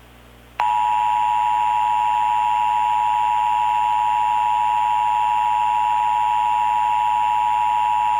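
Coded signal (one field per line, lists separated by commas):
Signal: Emergency Alert System (SAME) tones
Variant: 853 and 960 Hz attention tone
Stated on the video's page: Fictional analog-horror EAS scenario involving a tornado; simulated alert, remake of an earlier scenario.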